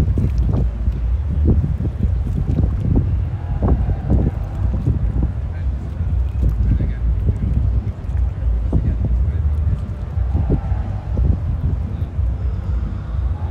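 Ocean sound on a Portuguese evening: a steady, deep roar fills the whole fourteen seconds at an even level. Short knocks and bursts of murmuring voice-like sound pop up every second or so, with a faint thin tone around ten seconds.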